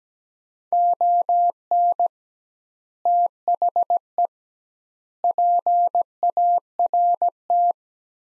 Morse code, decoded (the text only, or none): ON THE PART